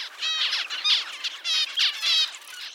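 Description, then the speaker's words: Zebra finch calls, high nasal buzzy notes rich in harmonics, given in rapid bursts with no other clear sounds. Parents give a high-pitched heat call while sitting on eggs when temperatures rise above 84 degrees; chicks hearing it in the egg metabolize and grow differently. "Researchers noticed that zebrafinches make a special high-pitched call, called a heat call, when sitting on their eggs and temperatures rise above 84 degrees."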